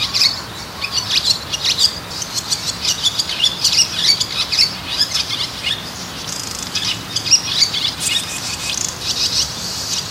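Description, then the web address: Swallow calls, a steady stream of high, quick chirps and twitters in loose bursts throughout. Recorded during a walk in Azamidani. "raivu sansaku azamidani sound bird swallow"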